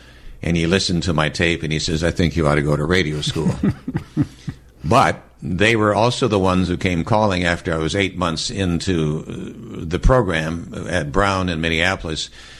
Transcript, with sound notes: and he listened to my tape and he says, "I think you ought to go to radio school."
(Chuckling)
But they were also the ones who came calling after I was 8 months into the program at Brown in Minneapolis,